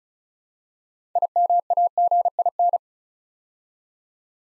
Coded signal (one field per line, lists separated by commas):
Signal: Morse code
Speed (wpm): 36 wpm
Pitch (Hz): 700 Hz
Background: none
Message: IMAGIN